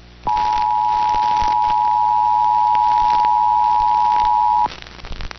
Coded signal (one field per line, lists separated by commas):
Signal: Emergency Alert System (SAME) tones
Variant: 853 and 960 Hz attention tone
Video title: I hear Virginia and New York want some more... | EAS Alerts from 7/18/2022 (EAS #1436-1457)